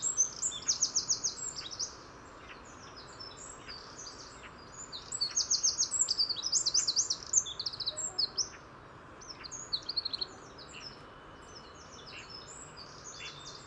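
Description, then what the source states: Eurasian wren song: very high, rapid trilled bursts over a steady low rumble of road traffic. In a wood on the east side of Paris, France, early on a weekday morning in autumn, heard over commuter traffic noise, to which the birds seem well adapted.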